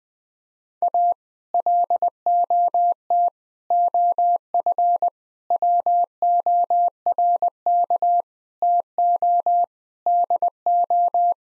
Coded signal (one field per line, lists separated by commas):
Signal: Morse code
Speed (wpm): 20 wpm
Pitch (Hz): 700 Hz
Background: none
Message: A LOT OF WORK TO DO